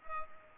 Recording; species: mosquito wingbeat signal from an infrared sensor; Culex pipiens